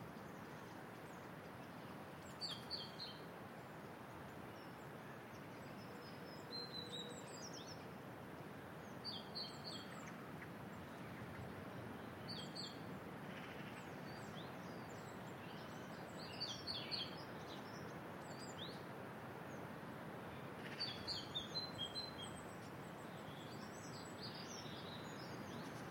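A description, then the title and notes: Birdsong in a woodland, with bright, high phrases of trilling and whistled notes arriving in short bursts every few seconds, busiest around 3, 7, 12, 17 and 21 seconds. A steady, dense hiss of wind or noise fills the low and middle range throughout. Calming birdsong in a Welsh woodland. A little wooded valley on the Gower Peninsula in South Wales. Robins, mistle thrushes, great tits and a great spotted woodpecker proclaiming early spring. The sound of the sea blends with a gentle breeze in the treetops.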